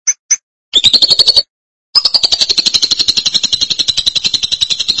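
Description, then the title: Lovebird calls, a rapid buzzy chatter of repeated pulses around a high pitch, with brief short chirps at the start and a pause before the long continuous chatter. "BM Suara Burung Lovebird"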